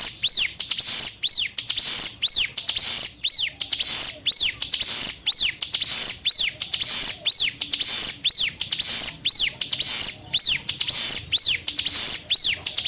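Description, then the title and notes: Spiderhunter song: high, arched whistled notes, each followed by hissy chips, repeated steadily about once a second. Bird singing actively (gacor) with a clear, long song; cage-bird training song (masteran). "Pijantung Gunung Gacor Jernih Panjang. Masteran burung"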